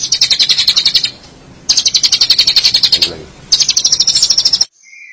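Long-tailed Shrike calling in three bursts of very rapid high chirps, separated by short pauses.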